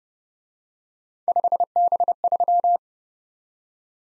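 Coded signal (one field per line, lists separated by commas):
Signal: Morse code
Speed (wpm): 29 wpm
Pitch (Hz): 700 Hz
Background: none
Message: 5B3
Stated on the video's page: Morse speed drill of three letter-number combinations, starting at 1.5 times the 25 wpm base and slowing to the base, with the final repeat at maximum speed.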